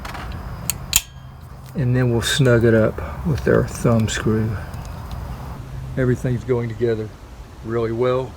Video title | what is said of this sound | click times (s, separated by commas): WILD BADGER 40v (2x20v) Pole Hedge Trimmer - Set Up, Trial & Review 4.0AH Batteries | uh our attachment pipes will go and snap in place. | 0.7 s